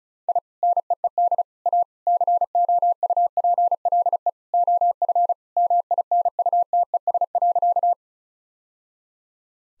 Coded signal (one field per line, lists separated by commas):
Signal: Morse code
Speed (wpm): 36 wpm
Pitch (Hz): 700 Hz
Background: none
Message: I NEED A COUPLE OF MINUTES.